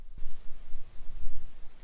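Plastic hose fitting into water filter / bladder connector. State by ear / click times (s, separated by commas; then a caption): not seated / none. A homemade plastic hose fitting, made from a Hydrapak valve cut in half and sealed to a shower-bulb tip, is handled against a 4 L water filter and bladder connector that it clips into. Soft, low rustling and knocking handling noises rise and fall through the clip, strongest around 0.3, 0.75 and 1.3 seconds. Nothing has seated or clicked yet.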